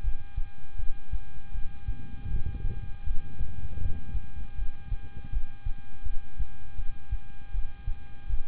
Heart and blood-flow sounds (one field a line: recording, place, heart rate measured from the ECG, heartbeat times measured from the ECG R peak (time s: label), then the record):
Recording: heart sounds by stethoscope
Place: between the tricuspid and mitral areas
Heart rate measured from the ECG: 80 bpm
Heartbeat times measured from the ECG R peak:
0.01 s: heartbeat
0.76 s: heartbeat
1.52 s: heartbeat
2.28 s: heartbeat
3.04 s: heartbeat
3.78 s: heartbeat
4.55 s: heartbeat
5.30 s: heartbeat
6.03 s: heartbeat
6.76 s: heartbeat
7.51 s: heartbeat
8.27 s: heartbeat
From the record:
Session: rest, lying down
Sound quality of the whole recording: good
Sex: male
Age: 26 years